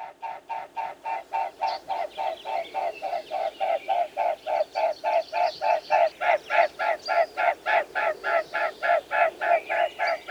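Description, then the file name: Mute swan producing a long, even run of rhythmic, throbbing pulses, about three or four per second, staying loud throughout. "cygne-tuberculé"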